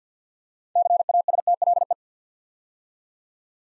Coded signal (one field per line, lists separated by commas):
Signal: Morse code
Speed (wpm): 51 wpm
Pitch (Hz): 700 Hz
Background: none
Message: CASTLE